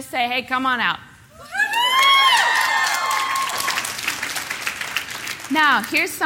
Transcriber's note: cheers and applause